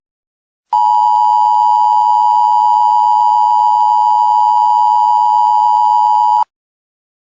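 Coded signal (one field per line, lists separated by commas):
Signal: Emergency Alert System (SAME) tones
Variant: 853 and 960 Hz attention tone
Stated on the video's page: Fictional EAS scenario made for entertainment.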